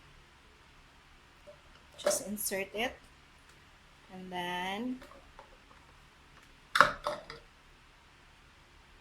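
Someone talks while fitting a plastic bowl/blade assembly of an Imarflex IFP-500S food processor onto its motor base, after inserting the blade shaft and blade. Sharp plastic handling knocks are heard around 6.8 s, with lighter taps near 7.1 s and 7.3 s. The part is still being handled and nothing has seated or clicked into place yet.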